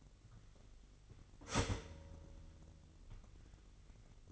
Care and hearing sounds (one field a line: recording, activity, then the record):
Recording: daily activity, microphone in the room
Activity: start toaster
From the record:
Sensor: 4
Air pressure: 1002.8 hPa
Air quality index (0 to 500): 234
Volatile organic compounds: 16 ppm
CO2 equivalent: 2538 ppm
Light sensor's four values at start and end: 21/74/27/27 and 21/70/26/26